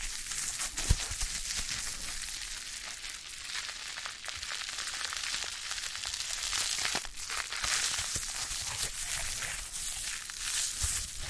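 Foam being massaged gives a steady, dense hiss of fine crackling and fizzing, bright and sustained for the whole stretch. Small sharper squeaks and pops break through irregularly, with a brief low thump near one second. The level stays fairly even throughout.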